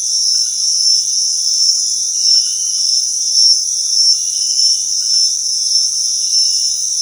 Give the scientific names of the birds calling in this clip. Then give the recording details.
none. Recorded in dense forest near Puerto Asís, Putumayo, Colombia, on 21 February 2024 at 18:30. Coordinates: 0.499, -76.324. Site G6469